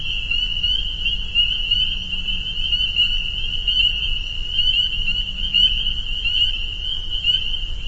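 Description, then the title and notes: Spring peepers calling in a dense chorus, their high shrill peeps merging into a continuous ringing band, with a soft low rumble underneath throughout. Soundscape recorded at a peeper pond on friends' property in northern Vermont. "Peepers. the peeper pond on our friends' property in northern Vermont"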